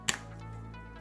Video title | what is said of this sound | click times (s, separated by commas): Samsung Galaxy S22 Ultra Case Journey - Ringke Lineup (Timestamps In Description) | get here a nice snap nice satisfying snap | 0.1 s